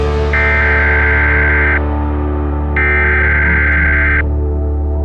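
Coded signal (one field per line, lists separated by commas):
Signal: Emergency Alert System (SAME) tones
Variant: header bursts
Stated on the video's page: Simulated real-time Emergency Alert System broadcast, a fictional nuclear war scenario.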